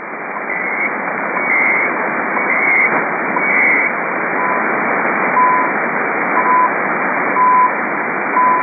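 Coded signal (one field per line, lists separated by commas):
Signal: radio time signal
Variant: CHU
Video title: CHU Otawwa. Time Signal Station. Canada 7850 Khz USB. Copiada en Marcos Paz Buenos Aires.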